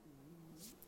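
A low, wavering tonal gurgle under a second long from an adult's stomach: ordinary stomach growling (bowel sounds).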